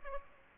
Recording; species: mosquito wingbeat signal from an infrared sensor; Aedes aegypti